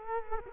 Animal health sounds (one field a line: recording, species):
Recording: mosquito wingbeat signal from an infrared sensor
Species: Culex quinquefasciatus